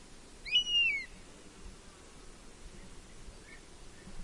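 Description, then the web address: European honey buzzard calling once: a short, clear, arched whistle near the start, then only faint background hiss and a brief note. "honey buzzard bird call"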